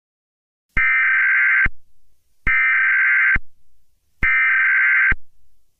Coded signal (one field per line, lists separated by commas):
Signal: Emergency Alert System (SAME) tones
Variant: header bursts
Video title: eas scenario catemojibabyheat part 8